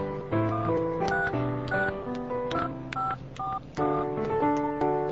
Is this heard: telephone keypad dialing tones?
yes